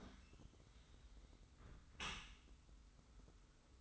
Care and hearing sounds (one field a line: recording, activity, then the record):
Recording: daily activity, microphone in the room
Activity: close dishwasher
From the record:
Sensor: 3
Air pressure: 991.3 hPa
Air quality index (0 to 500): 136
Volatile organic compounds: 240 ppm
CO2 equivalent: 4334 ppm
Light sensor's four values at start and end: 52/142/58/51 and 52/142/58/51